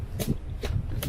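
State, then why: Released. The hinged lid latch on a wooden squirrel feeder box is worked by hand, with short handling rustles around 0.2 s and 0.65 s. A single sharp click comes at 1.0 s as the latch releases and the lid opens.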